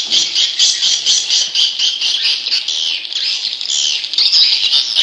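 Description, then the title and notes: Leafbird song: loud, fast chattering phrases of high, squeaky notes, pouring out without pause throughout. "CCKIJDaunKecil. Cucak Ijo"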